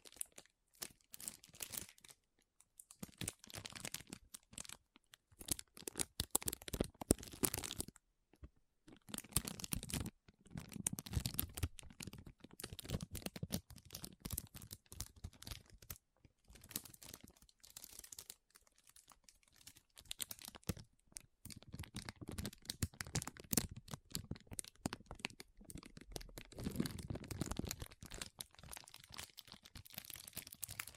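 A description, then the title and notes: Soft squishy, sticky crinkling and cutting sounds come in dense, irregular bursts of crackle and rustle, with brief silent gaps throughout. Soft Squishy Sticky, Crinkle, Cutting Sounds.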